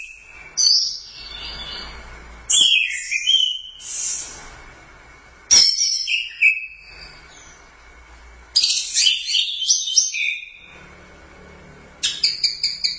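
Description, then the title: Thrush song: rich, varied high warbled phrases mixed with sharp chips, given in bursts roughly every three seconds with short pauses, over a faint steady whine. "burung anis x"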